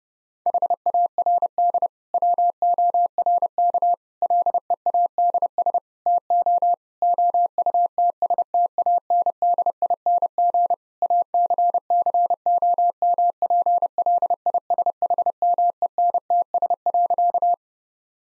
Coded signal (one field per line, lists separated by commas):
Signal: Morse code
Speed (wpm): 32 wpm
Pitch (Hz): 700 Hz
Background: none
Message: HARD WORK LEADS TO OUTSTANDING ACCOMPLISHMENTS.